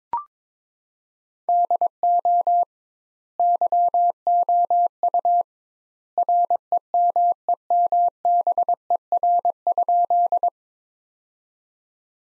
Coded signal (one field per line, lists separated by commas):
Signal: Morse code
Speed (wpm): 22 wpm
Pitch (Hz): 700 Hz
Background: none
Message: DO YOU REMEMBER?